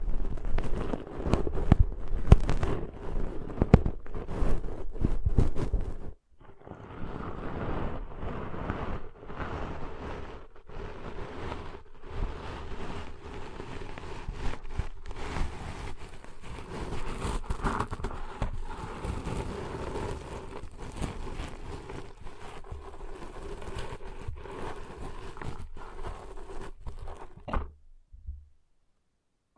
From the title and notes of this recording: ASMR Deep 3D Ear Cleaning Intense & Realistic (No Talking).